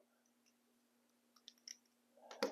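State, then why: Seated. A metal key blade is pushed back into its slot in a plastic Honda key fob and pressed down until it latches. A few faint ticks are heard before sharp clicks at 1.5 s and 2.4 s as the blade seats.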